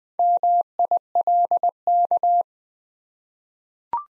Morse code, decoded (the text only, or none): MILK